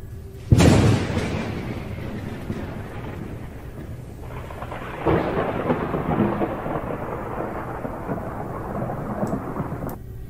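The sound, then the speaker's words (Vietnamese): A sharp crack of thunder breaks out early, then a long low rumble rolls on over steady, hissing rain, swelling again midway before fading near the end. No one speaks. “Thì thoảng một vài tia chớp lại xẹt ngang trước qua mặt, kèm theo sau là những tiếng sấm nổ đùng đoàng.”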